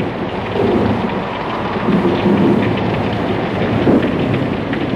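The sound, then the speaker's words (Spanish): Heavy rain pours down at sea in a dense, steady roar, with low rumbles of thunder swelling and fading beneath it. No voices, just the continuous loud wash of the storm. “La lluvia forma una catarata ensordecedora delante del horizonte hacia el que vamos como un grupo de insensatos.”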